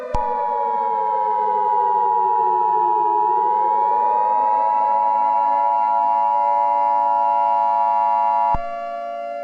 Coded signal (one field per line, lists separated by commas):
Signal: Emergency Alert System (SAME) tones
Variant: 853 and 960 Hz attention tone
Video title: EAS Scenario - Serial Killer